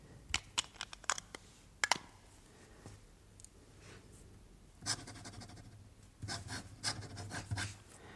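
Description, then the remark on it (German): A pen scratches across paper in quick, uneven strokes as someone signs a written statement to confirm it was read and is true, a few sharp ticks and then longer scribbling bursts toward the end, fairly quiet with no voices. “Ja, wenn Sie hier kurz unterschreiben würden.”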